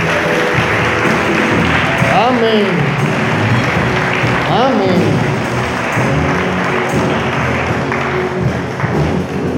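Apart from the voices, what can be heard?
audience applause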